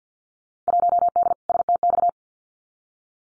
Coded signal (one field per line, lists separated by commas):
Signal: Morse code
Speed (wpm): 50 wpm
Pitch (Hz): 700 Hz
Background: none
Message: 1D STX